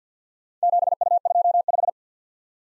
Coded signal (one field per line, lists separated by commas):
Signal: Morse code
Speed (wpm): 47 wpm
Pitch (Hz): 700 Hz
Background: none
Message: 7U25